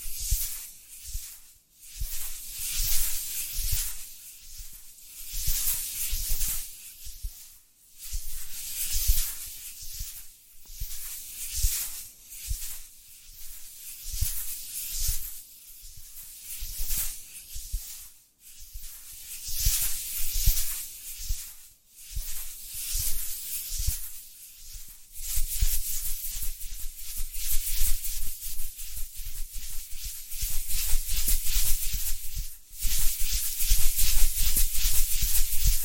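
Soft scratching and tracing strokes rub in uneven bursts with brief pauses, bright and hissy, growing denser and steadier after twenty-five seconds.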